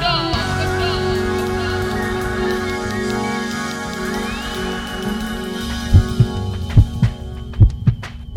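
A sustained, shimmering synth chord fades out and gives way to a heartbeat effect: deep, booming lub-dub thumps in three or four paired beats, each pair with a crisp high click, in a jingle for the community station Radio con Todo.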